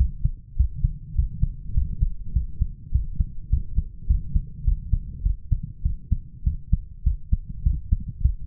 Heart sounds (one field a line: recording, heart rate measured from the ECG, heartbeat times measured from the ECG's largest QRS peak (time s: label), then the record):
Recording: heart sounds by stethoscope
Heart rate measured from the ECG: 102 bpm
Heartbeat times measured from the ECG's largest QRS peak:
0.58 s: heartbeat
1.17 s: heartbeat
1.76 s: heartbeat
2.35 s: heartbeat
2.94 s: heartbeat
3.51 s: heartbeat
4.09 s: heartbeat
4.66 s: heartbeat
5.25 s: heartbeat
5.85 s: heartbeat
6.46 s: heartbeat
7.06 s: heartbeat
7.65 s: heartbeat
8.24 s: heartbeat
From the record:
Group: healthy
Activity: rest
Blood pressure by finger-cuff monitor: 145/92 mmHg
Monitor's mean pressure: 112 mmHg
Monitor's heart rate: 103 bpm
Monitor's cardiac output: 7.6 L/min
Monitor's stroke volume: 74 mL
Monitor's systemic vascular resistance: 1100 dyn s/cm5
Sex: male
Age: 21 years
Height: 175 cm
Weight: 72.6 kg